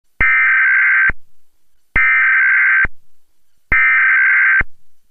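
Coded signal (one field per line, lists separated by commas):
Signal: Emergency Alert System (SAME) tones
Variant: header bursts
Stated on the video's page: Mock alert with valid EAS tones for a fictional Civil Emergency Message, not a real alert.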